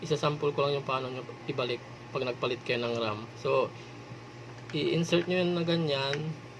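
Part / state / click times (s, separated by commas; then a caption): SO-DIMM RAM module into laptop memory slot / not seated / none. Someone talks while handling a SO-DIMM RAM module for an Acer laptop, inserting it toward the laptop memory slot after a RAM upgrade. Only speech is heard, and nothing has seated or clicked yet.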